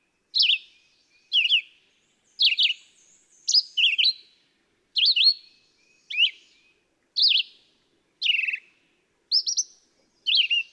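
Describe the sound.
Red-eyed vireo song: short, varied slurred phrases, each about a second apart, clear and high, with brief pauses between; nothing else heard.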